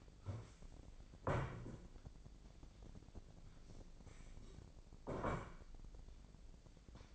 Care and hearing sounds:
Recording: daily activity, microphone in the room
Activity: stand up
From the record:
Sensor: 5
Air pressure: 1012.4 hPa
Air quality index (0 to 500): 149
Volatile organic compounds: 2 ppm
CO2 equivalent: 1021 ppm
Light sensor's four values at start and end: 270/647/276/304 and 271/650/277/306

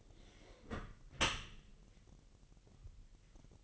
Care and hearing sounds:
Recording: daily activity, microphone in the room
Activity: close dishwasher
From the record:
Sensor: 4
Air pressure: 1001.3 hPa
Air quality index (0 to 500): 248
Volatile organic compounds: 45 ppm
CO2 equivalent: 3231 ppm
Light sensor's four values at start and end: 8/18/7/7 and 8/18/7/7

